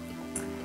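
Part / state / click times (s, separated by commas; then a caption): filter slot guide in a 100mm filter holder / released / 0.4 s. A filter slot guide on a Lucroit 100mm filter holder is pushed forward until it clicks free at 0.4 s, a brief sharp click with a bright high-frequency burst. A steady tonal hum runs underneath the whole time. The slot guide is released from the holder so it can be pulled out.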